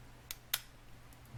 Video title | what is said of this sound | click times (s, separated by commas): Falcon - AKC - AGA Italy Knives - Retro Knives | it lock into place | 0.3 s, 0.5 s